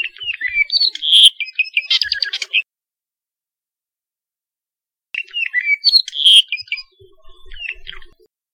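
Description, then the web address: Apapane song, two phrases of squeaky whistles, buzzy notes and a quick trill, separated by a few seconds of silence. Recorded along Saddle Road, Hawaii. "Saddle Road Birding Songfiles apapanelong"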